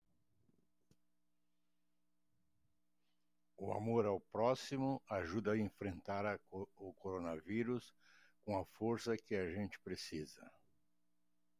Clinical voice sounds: spoken sentence; Brazilian Portuguese; male; 70 to 79 years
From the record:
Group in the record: control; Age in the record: 72 years

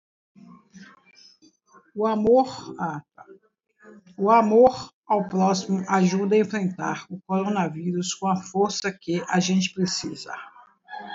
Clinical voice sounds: spoken sentence; Brazilian Portuguese; female; 50 to 59 years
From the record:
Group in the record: control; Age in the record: 57 years

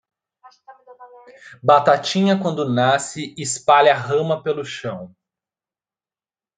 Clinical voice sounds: short text; Brazilian Portuguese; male; 20 to 29 years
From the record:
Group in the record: control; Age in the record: 29 years

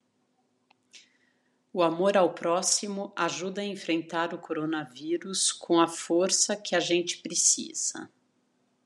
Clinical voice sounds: spoken sentence; Brazilian Portuguese; female; 50 to 59 years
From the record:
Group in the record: control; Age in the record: 54 years

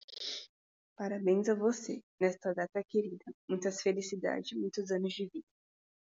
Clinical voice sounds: short text; Brazilian Portuguese; female; 20 to 29 years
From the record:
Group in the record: control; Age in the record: 21 years

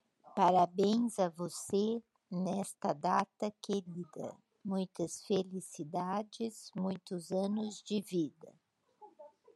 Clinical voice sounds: short text; Brazilian Portuguese; female; 60 to 69 years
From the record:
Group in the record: control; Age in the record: 64 years

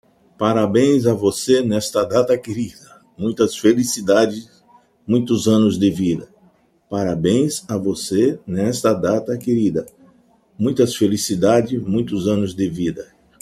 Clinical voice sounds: short text; Brazilian Portuguese; male; 60 to 69 years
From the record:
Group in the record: control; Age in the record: 60 years

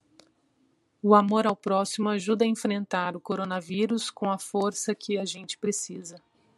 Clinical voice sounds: spoken sentence; Brazilian Portuguese; female; 30 to 39 years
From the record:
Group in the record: control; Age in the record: 35 years

